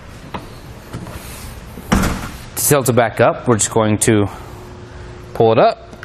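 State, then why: Not seated. A Thule Camber 4-bike hanging hitch bike rack on a 2019 Chevrolet Equinox is pulled back up from its tilted position, working the tilt latch on the rack frame. Over a low background, a sharp hit sounds at about 1.9 s and someone talks. The frame latch has not caught or locked yet; nothing has seated by the end.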